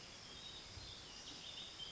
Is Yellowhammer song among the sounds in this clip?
no